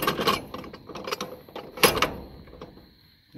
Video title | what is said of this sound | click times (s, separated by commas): DIY - Fix A Broken Livestock Trailer Jack | and I can make this a lot longer and so now all we have to do is make sure that locks into place there | 1.8 s